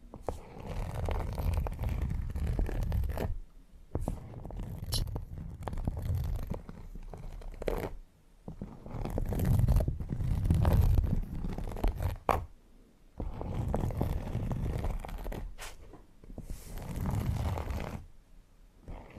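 Fingers and fingernails scratch and rub across textured leather in long, dense passes of rough, gritty friction, heaviest in the low end with a crisp upper edge. Strokes run several seconds each, separated by brief pauses near 3.5, 8, 12 and 16 seconds.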